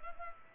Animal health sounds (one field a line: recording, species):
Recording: mosquito wingbeat signal from an infrared sensor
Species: Culex pipiens